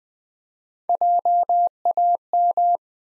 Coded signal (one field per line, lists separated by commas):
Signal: Morse code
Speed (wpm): 20 wpm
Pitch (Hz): 700 Hz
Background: none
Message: JAM